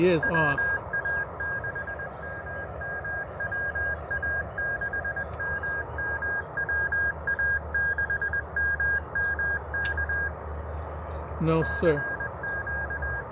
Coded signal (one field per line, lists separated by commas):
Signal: Morse code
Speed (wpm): 20 wpm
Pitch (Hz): 1600 Hz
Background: speech, radio noise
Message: WA6MM WA6MM WA6MM K CQ